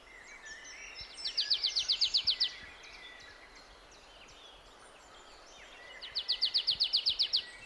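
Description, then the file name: Marsh tit song, a rapid even series of about a dozen sharp high notes, repeated after several seconds, with softer calls and steady background noise. "Poecile palustris"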